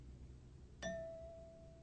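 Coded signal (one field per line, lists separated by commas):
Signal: bell signal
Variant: language course drill gong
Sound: one struck gong at 0.8 s, ringing and slowly fading tone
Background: low tape hum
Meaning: The utterance contained the designated sound and should be repeated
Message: 1 strike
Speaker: a pterence which does not contain the designated sound should not be repeated following such utterances the gong will not sound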